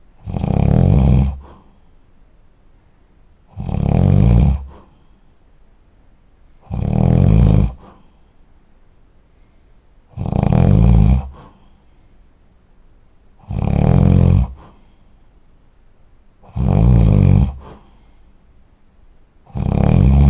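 Loud, low rumbling snores come in a steady rhythm, seven in about 20 seconds, roughly 19 a minute. Each snore lasts about a second on the breath in, with quiet between. This is heavy habitual snoring during sleep.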